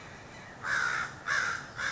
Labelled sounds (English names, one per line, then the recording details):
American Crow
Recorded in Sonoma County, California